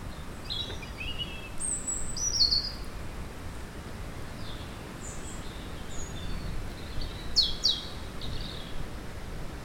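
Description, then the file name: European robin producing sparse high, silvery phrases with sharp descending notes, separated by quieter stretches, with low background noise throughout. "Erithacus rubecula"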